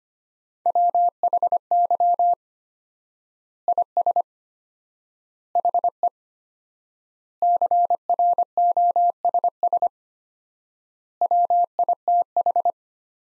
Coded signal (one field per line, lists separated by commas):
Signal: Morse code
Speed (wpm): 25 wpm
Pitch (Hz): 700 Hz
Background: none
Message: WHY IS HE CROSS WITH